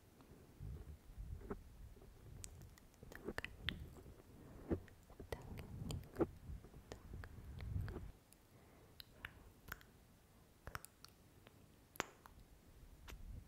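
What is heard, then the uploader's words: Mouth sounds with wet kissing smacks and scratching, made up of sharp clicks and pops scattered irregularly throughout. Low, rumbling rubbing noises fill the first eight seconds, then drop away, leaving sparser clicks and smacks until the end. Mouth Sounds Kiss Sounds Scratching.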